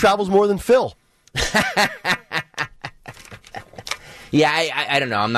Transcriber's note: laughing